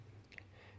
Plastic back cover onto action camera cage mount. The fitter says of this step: learning but just slides on snaps in place and there's that